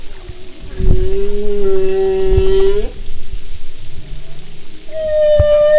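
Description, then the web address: Humpback whale song: a sustained harmonic moan that bends upward at its end, a short low grunt, then a higher steady harmonic tone. "Sound and Marine Mammals humpback"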